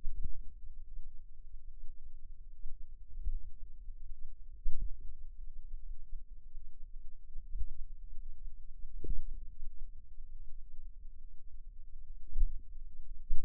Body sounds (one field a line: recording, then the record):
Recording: forearm muscle sounds (acoustic myography)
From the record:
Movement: finger pinch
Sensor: system 2, bracelet of six BSWA MPA416 microphones around the upper forearm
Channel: 6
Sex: female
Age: 23 years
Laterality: right